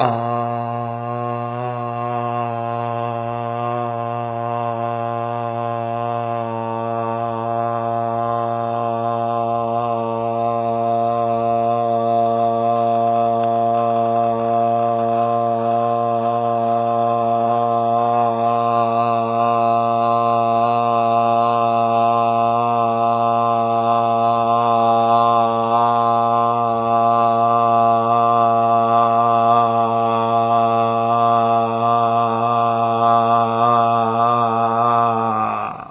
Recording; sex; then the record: sustained vowel /a/; male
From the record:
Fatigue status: no fatigue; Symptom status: asymptomatic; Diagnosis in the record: COVID-19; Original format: 3gp